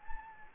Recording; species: mosquito wingbeat signal from an infrared sensor; Anopheles gambiae